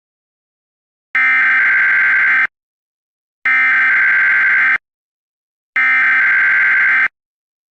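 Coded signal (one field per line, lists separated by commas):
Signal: Emergency Alert System (SAME) tones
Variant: header bursts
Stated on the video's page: Fictional, simulated alert scenario.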